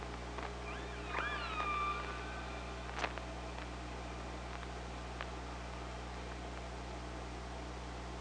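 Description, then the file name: Killer whale call: an upswept call followed by a held, falling tone early on, then a few sharp clicks over a constant low hum. Recorded by OrcaLab hydrophone on 24 August 2017. "Orca Lab UTLN JASON 20170824 052316"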